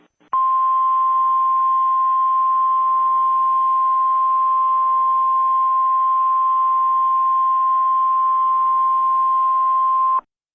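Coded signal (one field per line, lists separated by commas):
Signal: Emergency Alert System (SAME) tones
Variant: 1050 Hz attention tone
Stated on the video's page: Fictional mock EAS scenario made with EAS Creator 3.0 software.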